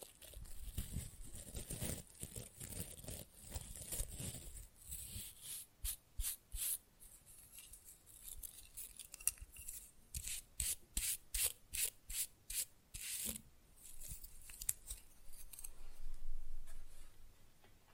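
Fast, rough nail filing in quick, bright rasping strokes, dense and irregular at first with low thumps and taps in the opening seconds. From about six seconds the strokes turn into rhythmic bursts, briefly pausing near thirteen seconds before a sustained scrape closes the clip.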